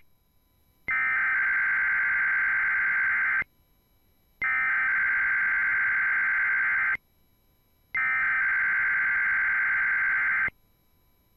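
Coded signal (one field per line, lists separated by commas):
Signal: Emergency Alert System (SAME) tones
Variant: header bursts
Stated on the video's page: Weekly IPAWS CAP tests.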